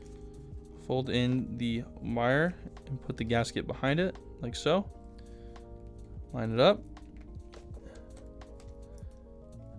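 The headband arm end of Beats Studio 3 Wireless headphones is lined up with the plastic hinge before the hinge is slid on. Someone talks over steady background music, with a few faint, brief ticks of handling in the second half. The hinge has not yet been slid on and nothing has seated or clicked.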